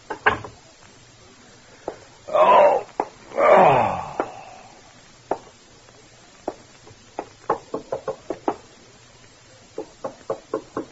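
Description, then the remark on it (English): Sharp knocks rap on the front door of an apartment, scattered at first and then in quick clusters of three or four, broken early by two louder, drawn-out moaning sounds. No one speaks. “You stare at the front door of the apartment in startled silence. Your first impulse is to answer the door”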